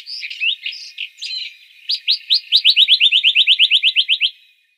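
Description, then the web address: Western rock nuthatch giving a few varied chirps, then a rapid, accelerating run of sharp, high, slightly upslurred notes that ends abruptly. "Schulze Peter Rock Nuthatch calls"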